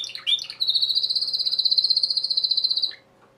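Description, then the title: Domestic canary singing a few quick varied notes, then one long, fast, evenly pulsed high trill lasting over two seconds before stopping. Male Belgian canary singing a lot, used to train and stimulate young birds. "Esquente Seu Filhote E Canario Belga Em 30 Minutos Macho Cantando Muito"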